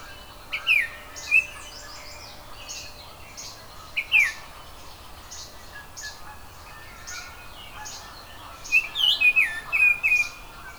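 Oriole song: short fluty whistled phrases near the start, again at about four seconds, and a longer run near the end.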